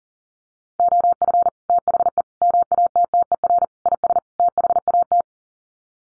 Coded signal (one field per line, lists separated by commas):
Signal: Morse code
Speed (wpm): 40 wpm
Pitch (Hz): 700 Hz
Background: none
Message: OF THE MATTER IS THAT